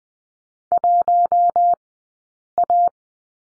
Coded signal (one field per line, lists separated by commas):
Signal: Morse code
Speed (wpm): 19 wpm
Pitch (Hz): 700 Hz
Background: none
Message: 1 A